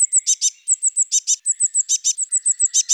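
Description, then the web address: Eurasian blue tit calling with thin high see-notes followed by buzzy scolding bursts, repeated steadily throughout. "Parus caeruleus"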